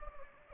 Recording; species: mosquito wingbeat signal from an infrared sensor; Anopheles gambiae